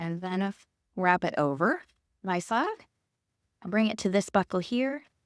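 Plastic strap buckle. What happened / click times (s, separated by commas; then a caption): Handled, not yet home: no seating click before the strap buckle is clipped / none. A woman talks while bringing an Ergobaby Embrace baby carrier strap around her side toward the plastic side-release buckle it clips into. Only speech is heard, in several bursts with pauses between. The buckle has not clicked or seated yet when the clip ends.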